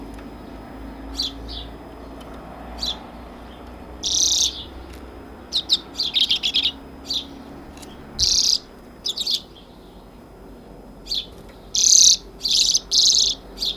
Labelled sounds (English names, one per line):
Common Redpoll song